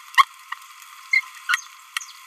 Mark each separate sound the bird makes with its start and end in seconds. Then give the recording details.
1.13-1.22, 1.49-1.58. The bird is a male. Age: 27 days. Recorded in a nest box in Venezuela. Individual 17B31A2